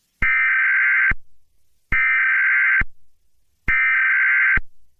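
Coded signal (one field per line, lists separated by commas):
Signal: Emergency Alert System (SAME) tones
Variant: header bursts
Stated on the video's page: Fictional EAS alert for a HAZ-487 breach, not based on a real event.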